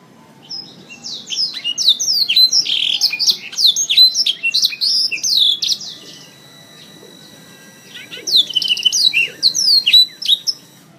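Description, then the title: Oriental magpie-robin delivering a dense burst of high chirps and whistles for about five seconds, a brief quiet gap, then another rapid burst. Chirping song, from a recording over an hour long. "Kicau Kacer"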